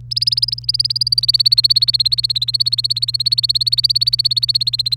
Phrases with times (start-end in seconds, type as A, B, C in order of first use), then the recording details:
0.11-4.96 A. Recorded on 1 May 2018 at 05:58. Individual llb3